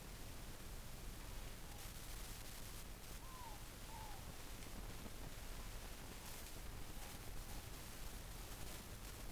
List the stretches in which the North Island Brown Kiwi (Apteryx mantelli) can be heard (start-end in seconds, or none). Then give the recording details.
none. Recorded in New Zealand on 24 November 2013. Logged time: 00:13. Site CF70